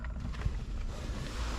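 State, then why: Not seated. A plastic rearview mirror assembly for a 1997 Mercedes-Benz S500 is held up to the roof mount and lined up before being pushed in. Low rumbling, wind-like noise runs throughout, with a brief faint tick at 0.0 s. Nothing has seated or clicked yet.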